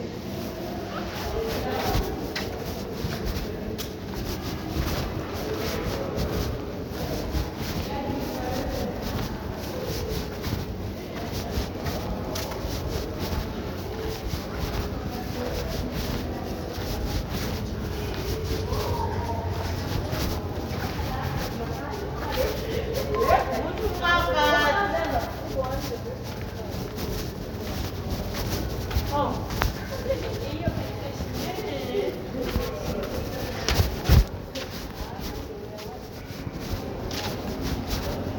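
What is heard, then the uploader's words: Voices chatter steadily among art, craft and curio stalls in Victoria Falls, Zimbabwe, over a low rumble, with a brief rising whine near twenty-four seconds. In this episode, I check out some art, craft & curio stalls in Victoria Falls, Zimbabwe.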